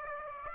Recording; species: mosquito wingbeat signal from an infrared sensor; Aedes aegypti